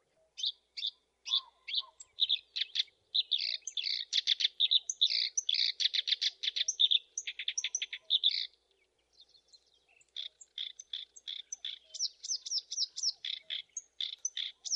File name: suara kerakbasi alis hitam masteran